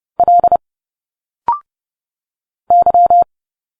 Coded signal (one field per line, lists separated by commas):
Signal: Morse code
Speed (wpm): 30 wpm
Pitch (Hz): 700 Hz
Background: none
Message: L Y